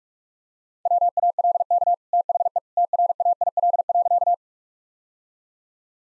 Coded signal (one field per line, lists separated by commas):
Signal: Morse code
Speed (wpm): 46 wpm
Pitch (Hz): 700 Hz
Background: none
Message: WALK THE TRAIL.